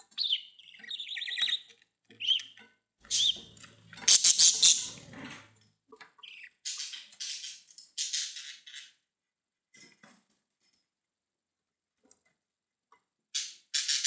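Budgerigar sounds: thin whistled notes at first, a burst of scratchy rattling chatter, then scattered short calls and a final chirpy burst.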